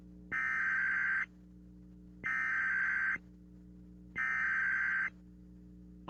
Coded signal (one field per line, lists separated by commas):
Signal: Emergency Alert System (SAME) tones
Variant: header bursts